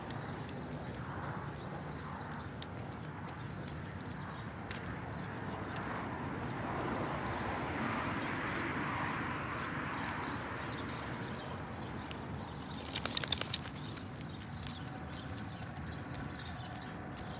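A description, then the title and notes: A dog walk at night through a neighborhood, with a steady low outdoor hum and soft footsteps throughout. Around thirteen seconds a brief burst of bright jingling rattles out as the dog shakes her harness, then the quiet walking resumes. Walking the dog at night through my neighborhood in Phoenix Arizona. Join me and my dog on a cool evening walk around our neighborhood. You’ll hear her shaking her harness every now and then.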